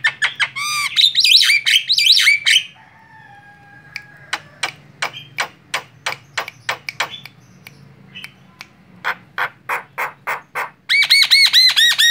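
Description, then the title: Javan myna song: loud harsh squawking notes, then a long run of sharp clicks, ending in a fast series of buzzy repeated notes. Very loud, noisy song used as a tutor recording for training other birds. "Jalak Kebo Master Suara Super Berisik Buat Masteran"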